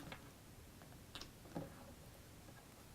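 Several small component parts are pressed together onto the body of a device being assembled, and they snap into place with sharp clicks at about 0.1 s and 1.2 s. Another brief, lower knock follows near 1.6 s over a quiet background. The parts are seated.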